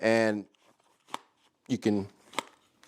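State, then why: Seated. Someone talks as an unloaded pistol is pushed into a leather holster with a molded polymer core between two pieces of leather. The pistol snaps into the retention with a sharp click at 2.4 s, and the gun is seated. Fainter brief ticks are heard around 1.1 s and 2.8 s.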